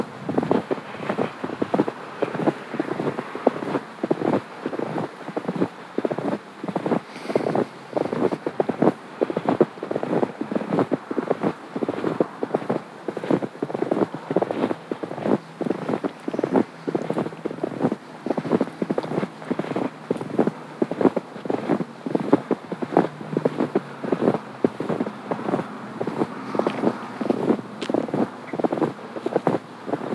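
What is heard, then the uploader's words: Snow crunches underfoot in a steady, regular rhythm, each step a short gritty burst repeating about twice a second for the whole stretch. Beneath the footsteps runs a low, continuous rumble of freeway traffic, with a faint wind-like hiss throughout. A Hike With Cars and Crunching Snow (North End Park Loop). Listen as cars pass on the nearby freeway and snow crunches underfoot along a looping trail.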